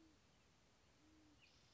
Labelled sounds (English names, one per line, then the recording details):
Great Horned Owl
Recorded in Sonoma County, California